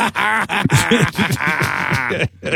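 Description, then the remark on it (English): A person repeatedly imitates a cow mooing, a string of drawn-out, low, groaning moos in a steady rhythm, loud and continuous with brief pauses between calls. “Moo, moo, moo, moo, moo, moo.”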